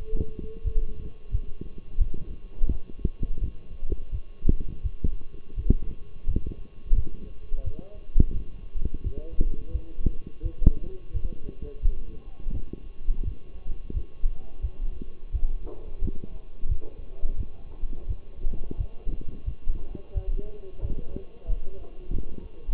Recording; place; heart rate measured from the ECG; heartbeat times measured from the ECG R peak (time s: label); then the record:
heart sounds by stethoscope; between the tricuspid and mitral areas; 87 bpm
0.63 s: heartbeat
1.31 s: heartbeat
1.98 s: heartbeat
2.68 s: heartbeat
3.40 s: heartbeat
4.11 s: heartbeat
4.82 s: heartbeat
5.55 s: heartbeat
6.26 s: heartbeat
6.95 s: heartbeat
7.63 s: heartbeat
8.32 s: heartbeat
9.03 s: heartbeat
9.72 s: heartbeat
10.42 s: heartbeat
11.13 s: heartbeat
11.82 s: heartbeat
12.52 s: heartbeat
13.24 s: heartbeat
13.93 s: heartbeat
14.61 s: heartbeat
15.32 s: heartbeat
16.01 s: heartbeat
16.68 s: heartbeat
17.36 s: heartbeat
18.07 s: heartbeat
18.77 s: heartbeat
19.45 s: heartbeat
20.14 s: heartbeat
20.81 s: heartbeat
21.47 s: heartbeat
22.12 s: heartbeat
From the record:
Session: walking at 3.7 km/h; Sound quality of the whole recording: partially saturated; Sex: male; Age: 24 years